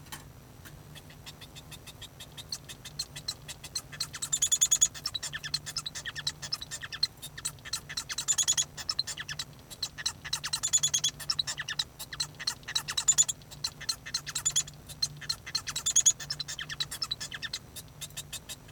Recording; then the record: song of a male Bengalese finch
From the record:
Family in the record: son of father 1